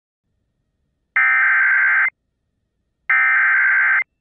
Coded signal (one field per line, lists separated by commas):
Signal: Emergency Alert System (SAME) tones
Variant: header bursts